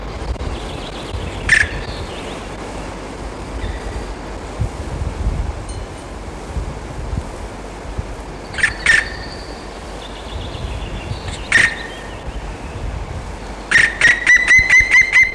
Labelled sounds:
Black Woodpecker call
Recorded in the wild
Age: juvenile
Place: Dürrbach, Sachsen, DE
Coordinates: 51.3583, 14.6164
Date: 1957-05-01
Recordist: Meyer, Hugo
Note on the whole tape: Jungtier: Versuch den Triller des Altvogels nachzuahmen; Aufnahme wahrscheinlich ab Mitte Mai 1957

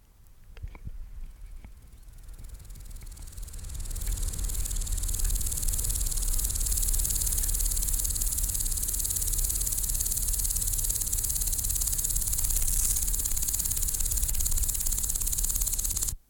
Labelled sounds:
Common Green Grasshopper stridulation
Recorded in the wild
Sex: pair
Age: imago
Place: Lienen, Nordrhein-Westfalen, DE
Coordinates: 52.145, 7.974
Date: 1991-09-21 10:58
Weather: am Gras 18,1 °C, in der Sonne 29,8 °C
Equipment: Marantz, Sennheiser ME 80, Kopie Tesla B 116
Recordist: Tembrock, Günter

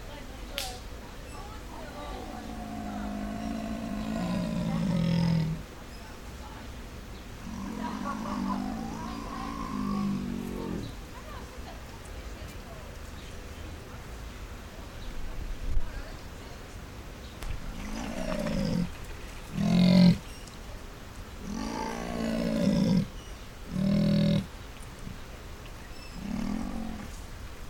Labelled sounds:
Leopard
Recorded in captivity
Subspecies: saxicolor
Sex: male
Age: adult
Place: Zoo Berlin, Berlin, DE
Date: 1996-07-28 18:26
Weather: bedeckt, 23°C
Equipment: Sony MD-WM MZ-R3, Sennheiser ME 80, Kopie Uher 4000 Report Monitor
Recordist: Tembrock, Günter

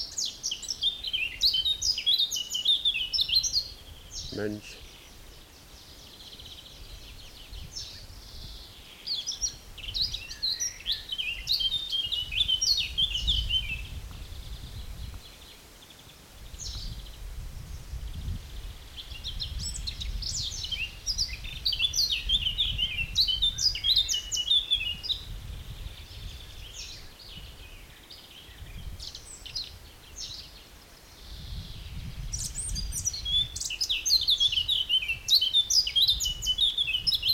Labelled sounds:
Garden Warbler
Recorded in the wild
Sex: male
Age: adult
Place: Blankenfelde, Berlin, DE
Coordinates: 52.625, 13.404
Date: 1992-05-23 10:09
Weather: sonnig, 20-24°C, böiger Ost-Wind
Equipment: Nagra SN, Mikrofon AKG CK 8, Kopie Tesla B 116
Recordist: Tembrock, Günter

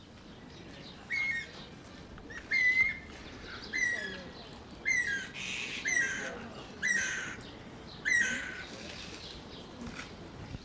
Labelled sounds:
Greater Necklaced Laughingthrush
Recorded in captivity
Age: adult
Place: Zoo Berlin, Berlin, DE
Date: 1992-04-04 11:00
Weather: bedeckt, 5-8°C
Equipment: Nagra SN, Mikrofon AKG CK 8, Kopie Tesla B 116
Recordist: Tembrock, Günter

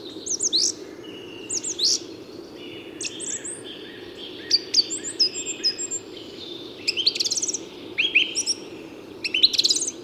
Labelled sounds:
Song Thrush song
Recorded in the wild
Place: Feldberger Seenlandschaft, Mecklenburg-Vorpommern, DE
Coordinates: 53.417, 13.5
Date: 1984-04-15 10:00
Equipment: Nagra III BH, Sennheiser MD 21, parabola
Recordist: Schubert, Michael

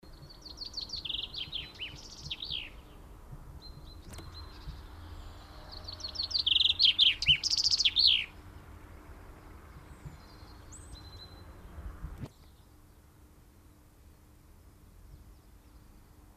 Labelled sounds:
Common Chaffinch song
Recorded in the wild
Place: Garmisch-Partenkirchen (Gschwandnerbauer), Bayern, DE
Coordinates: 47.4944, 11.1631
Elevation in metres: 1023
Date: 1969-04-12
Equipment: Uher 4000 Report
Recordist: Tretzel, Erwin

